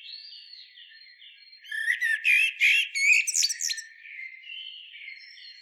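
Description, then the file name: Eurasian blackbird song: soft whistled notes lead into a loud, rapid burst of squeaky, chattering twitters lasting about two seconds, then quieter whistles again. "Turdus merula"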